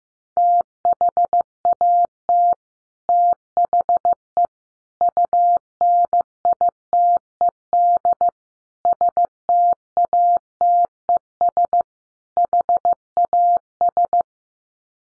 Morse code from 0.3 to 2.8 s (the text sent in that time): THAT